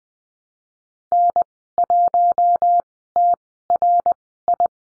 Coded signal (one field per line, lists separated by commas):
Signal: Morse code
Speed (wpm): 20 wpm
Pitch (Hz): 700 Hz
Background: none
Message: N1TRI